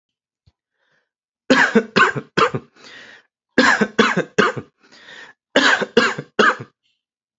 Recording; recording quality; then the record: heavy voluntary cough; excellent, no background noise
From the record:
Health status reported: healthy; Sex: male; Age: 41 years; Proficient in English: yes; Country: United States